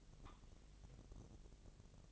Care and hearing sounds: daily activity, microphone in the room; take from stove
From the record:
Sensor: 4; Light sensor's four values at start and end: 9/20/8/8 and 9/19/8/7

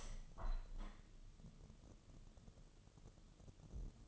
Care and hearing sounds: daily activity, microphone in the room; open window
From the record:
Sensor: 4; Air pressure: 1015.7 hPa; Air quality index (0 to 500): 87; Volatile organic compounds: 1 ppm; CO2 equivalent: 971 ppm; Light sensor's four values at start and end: 9/20/8/7 and 9/20/8/7

